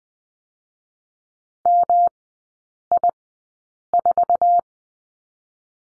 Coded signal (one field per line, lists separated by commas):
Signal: Morse code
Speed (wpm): 20 wpm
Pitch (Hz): 700 Hz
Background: none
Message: MI4